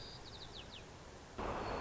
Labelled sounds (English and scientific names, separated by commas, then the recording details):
White-crowned Sparrow (Zonotrichia leucophrys)
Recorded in Sonoma County, California